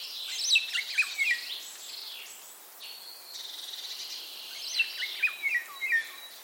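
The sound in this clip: Common starling calls: varied chatter of clicks, squeaks and short down-slurred whistles, louder at the start and again toward the end.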